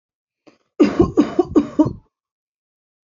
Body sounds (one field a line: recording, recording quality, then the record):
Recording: heavy voluntary cough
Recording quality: excellent, no background noise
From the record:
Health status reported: healthy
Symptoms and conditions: none ticked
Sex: male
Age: 28 years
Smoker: not ticked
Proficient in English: yes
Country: India